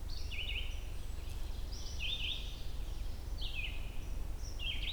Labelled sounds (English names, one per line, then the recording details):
Red-eyed Vireo song
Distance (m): 10 m
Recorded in boreal forest in Alberta, Canada, on 22 June 2016 at 08:30
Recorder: SongMeter 3, array SBT-6-76
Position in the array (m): 182 m, 86 m